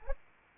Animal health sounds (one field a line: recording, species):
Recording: mosquito wingbeat signal from an infrared sensor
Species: Anopheles arabiensis